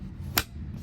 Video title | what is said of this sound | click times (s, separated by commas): Install Chicco Keyfit30 Base EASY! Latch System Car Seat DIY | you hear a snap just like a seat belt and it clips on okay i have my first side done | 0.4 s